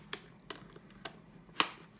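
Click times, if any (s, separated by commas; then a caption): 1.6 s. A plastic side cover is slid back into the shell of a Schuberth C5 motorcycle helmet from the back, during installation of an SC2 integrated comm system. Light ticks are heard at 0.1, 0.5 and 1.1 s before a firm, much louder click at 1.6 s. The cover seats securely in place.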